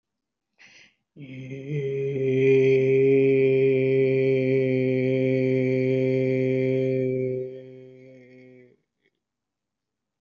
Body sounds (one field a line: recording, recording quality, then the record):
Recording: sustained vowel as in made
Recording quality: excellent, no background noise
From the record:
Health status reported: healthy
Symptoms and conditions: none ticked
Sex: male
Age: 58 years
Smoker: not ticked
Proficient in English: yes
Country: India